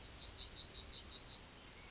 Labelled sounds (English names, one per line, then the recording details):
Yellowhammer song
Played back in forest
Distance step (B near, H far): D
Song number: 136